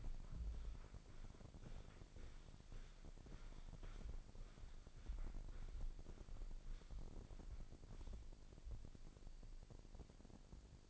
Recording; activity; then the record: daily activity, microphone in the room; walk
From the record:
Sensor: 5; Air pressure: 1009.4 hPa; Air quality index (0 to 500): 142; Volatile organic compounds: 2 ppm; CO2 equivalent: 1104 ppm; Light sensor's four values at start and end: 309/728/315/351 and 309/729/315/351